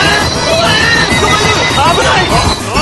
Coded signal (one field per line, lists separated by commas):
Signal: none